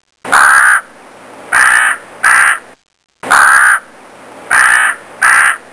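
Raven calls: harsh, hoarse caws in a set of three, one long then two shorter, with the same sequence heard twice.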